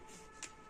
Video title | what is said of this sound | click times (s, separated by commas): Small Business Ideas/ Bottle Shape Pouch Filling Machine | यह सीलबंद है। यह हो चुका है। यह ताला लगा हुआ है। | 0.4 s